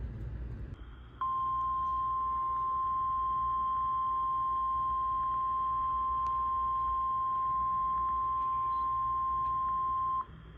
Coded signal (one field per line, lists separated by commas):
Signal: Emergency Alert System (SAME) tones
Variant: 1050 Hz attention tone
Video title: (EAS #2,955 - #2,965) AN UNWANTED BIRTHDAY PARTY GUEST - EAS Alerts from 5/30/26 - 6/1/26